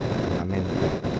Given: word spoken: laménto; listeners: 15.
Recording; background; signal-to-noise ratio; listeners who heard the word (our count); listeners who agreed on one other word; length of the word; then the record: one Spanish word in noise, from a listening test; noise modulated by three-talker babble; -3.3 dB; 0 of 15; 7 of 15; 0.80 s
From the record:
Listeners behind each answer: 7, 1, 1, 1, 1, 1, 1, 1, 1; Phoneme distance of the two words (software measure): 21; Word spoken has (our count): 3 syllables, 7 phonemes, stress on syllable 2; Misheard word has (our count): 2 syllables, 4 phonemes, stress on syllable 2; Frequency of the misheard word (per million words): 7.87